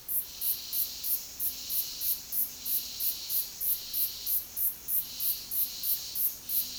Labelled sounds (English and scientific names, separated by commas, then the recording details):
none
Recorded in secondary vegetation near Puerto Asís, Putumayo, Colombia, on 20 February 2024 at 13:30
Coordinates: 0.489, -76.322
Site G6419